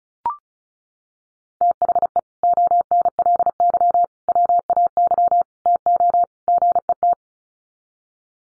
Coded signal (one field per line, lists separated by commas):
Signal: Morse code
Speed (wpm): 34 wpm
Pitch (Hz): 700 Hz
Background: none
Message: THE ONLY WAY TO GET